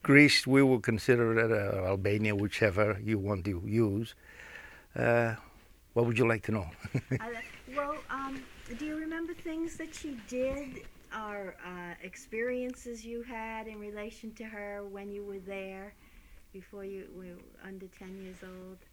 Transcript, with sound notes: Greece, we were considered it Albania, whichever you want to use. Uh, what would you like to know? ( he laughs )
Well, um, do you remember things that she did, or experiences you had in relation to her when you were there, before you were under ten years old.